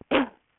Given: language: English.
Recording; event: throat vibration sensor signal played as sound; cough